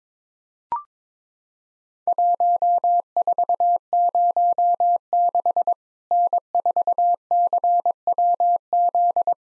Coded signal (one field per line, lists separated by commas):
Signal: Morse code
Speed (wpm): 22 wpm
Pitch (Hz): 700 Hz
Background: none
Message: 1406 N4CWZ